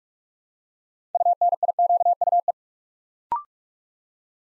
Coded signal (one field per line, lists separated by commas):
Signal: Morse code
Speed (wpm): 44 wpm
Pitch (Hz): 700 Hz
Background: none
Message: UNIQUE